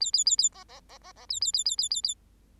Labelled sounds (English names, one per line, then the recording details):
Bengalese Finch song
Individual Bird8